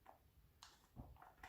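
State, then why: Not seated. A plastic food pouch spout is handled at the slot of a plastic pouch-filling station holder, with light plastic taps and rubs at about 0.1, 0.6 and 1.4 seconds over faint background noise. The spout has not seated or clicked into the holder yet.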